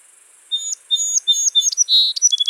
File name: Melospiza melodia - Song Sparrow